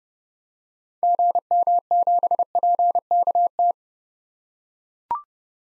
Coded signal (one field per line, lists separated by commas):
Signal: Morse code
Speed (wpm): 30 wpm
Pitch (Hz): 700 Hz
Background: none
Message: GM7PKT